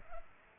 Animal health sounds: mosquito wingbeat signal from an infrared sensor; Culex pipiens

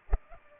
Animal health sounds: mosquito wingbeat signal from an infrared sensor; Culex pipiens

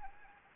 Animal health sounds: mosquito wingbeat signal from an infrared sensor; Anopheles arabiensis

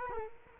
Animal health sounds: mosquito wingbeat signal from an infrared sensor; Culex quinquefasciatus

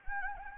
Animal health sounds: mosquito wingbeat signal from an infrared sensor; Anopheles gambiae

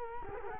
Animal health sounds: mosquito wingbeat signal from an infrared sensor; Culex quinquefasciatus

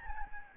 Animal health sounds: mosquito wingbeat signal from an infrared sensor; Aedes albopictus

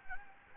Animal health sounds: mosquito wingbeat signal from an infrared sensor; Anopheles gambiae

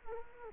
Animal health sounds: mosquito wingbeat signal from an infrared sensor; Culex quinquefasciatus

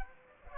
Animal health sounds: mosquito wingbeat signal from an infrared sensor; Aedes aegypti

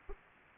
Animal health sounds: mosquito wingbeat signal from an infrared sensor; Anopheles arabiensis

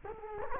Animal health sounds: mosquito wingbeat signal from an infrared sensor; Culex quinquefasciatus

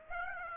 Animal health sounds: mosquito wingbeat signal from an infrared sensor; Aedes aegypti

